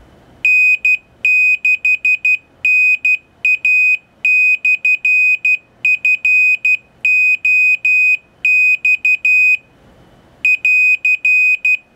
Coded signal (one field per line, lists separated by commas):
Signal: Morse code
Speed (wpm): 12 wpm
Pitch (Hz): 2500 Hz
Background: none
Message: N6NA/FOX <AR>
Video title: Arduino Morse Code Sender